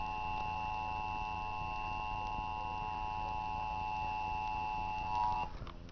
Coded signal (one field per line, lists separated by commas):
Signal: Emergency Alert System (SAME) tones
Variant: 853 and 960 Hz attention tone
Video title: A Real EAS Tornado Warning 11/22/10 #1